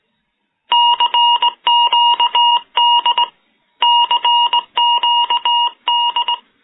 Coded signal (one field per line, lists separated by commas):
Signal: Morse code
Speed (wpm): 20 wpm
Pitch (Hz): 950 Hz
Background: none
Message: CQD CQD